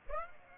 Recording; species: mosquito wingbeat signal from an infrared sensor; Aedes aegypti